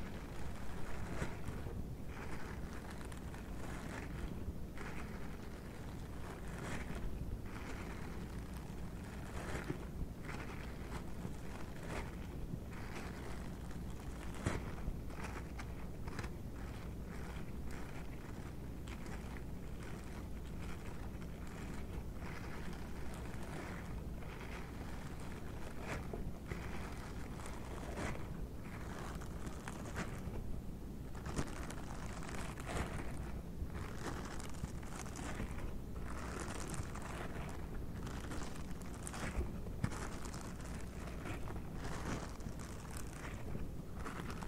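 Rubber gloves rub and scratch against the microphone in dense, rapid rustling strokes over a steady low hum throughout.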